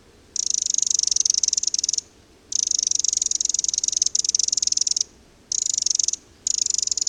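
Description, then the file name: Eurasian wren calling with rapid, high-pitched ticking rattles in repeated bursts of varying length, with brief gaps between most of them. "Eurasian Wren (Troglodytes troglodytes)"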